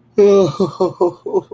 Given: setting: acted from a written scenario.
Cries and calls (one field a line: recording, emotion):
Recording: vocal sound without words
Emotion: sadness